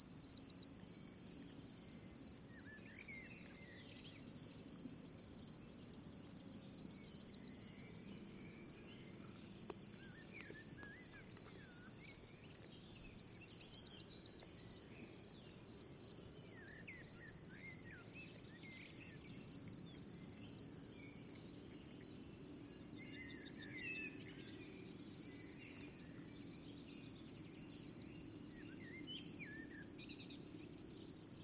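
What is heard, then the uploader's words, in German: An afternoon outdoors on a hilltop, filled with a steady, high, shrill insect trill that never lets up. Scattered bird chirps come and go throughout, busiest between about 13 and 25 seconds, over a low, soft rumble of wind or traffic. Nachmittag auf dem Hesselberg. Ist einer der Orte, an denen man noch Lärchen hört.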